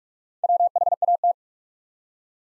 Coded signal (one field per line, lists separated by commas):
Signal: Morse code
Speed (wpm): 44 wpm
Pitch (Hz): 700 Hz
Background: none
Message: WHAT